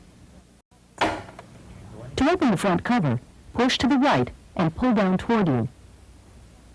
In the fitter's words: Push until it clicks into place.